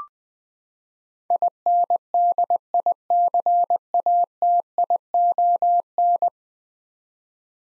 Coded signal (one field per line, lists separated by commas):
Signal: Morse code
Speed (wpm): 21 wpm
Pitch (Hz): 700 Hz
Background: none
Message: INDICATION